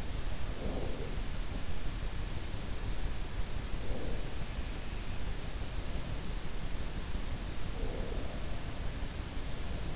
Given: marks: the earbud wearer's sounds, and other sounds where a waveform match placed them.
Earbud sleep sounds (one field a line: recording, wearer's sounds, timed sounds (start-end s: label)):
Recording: sounds in sleep by an in-ear microphone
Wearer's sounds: breath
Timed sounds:
0.00-1.37 s: breath
3.64-4.74 s: breath
7.70-8.70 s: breath